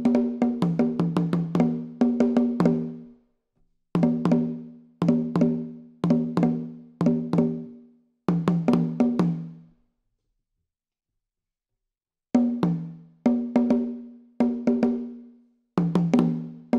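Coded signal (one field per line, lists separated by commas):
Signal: talking drum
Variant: Akan atumpan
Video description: plays some solo Atumpani - the talking drums that were used to send patterns of drum language over long distances in pre-modern times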